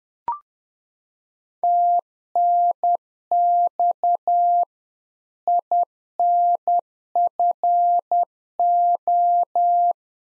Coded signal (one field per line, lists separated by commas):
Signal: Morse code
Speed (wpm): 10 wpm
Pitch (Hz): 700 Hz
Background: none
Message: TNX INFO